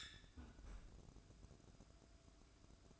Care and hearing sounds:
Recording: daily activity, microphone in the room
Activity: close fridge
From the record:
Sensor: 2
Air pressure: 1007.6 hPa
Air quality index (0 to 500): 59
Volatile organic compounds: 1 ppm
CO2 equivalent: 593 ppm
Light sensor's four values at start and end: 10/23/10/10 and 10/23/10/10

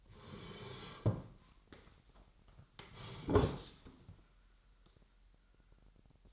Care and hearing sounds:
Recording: daily activity, microphone in the room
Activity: sit down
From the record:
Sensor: 3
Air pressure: 998.5 hPa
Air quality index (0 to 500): 128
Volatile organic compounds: 3 ppm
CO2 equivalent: 1529 ppm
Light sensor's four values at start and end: 10/22/10/11 and 8/19/8/8

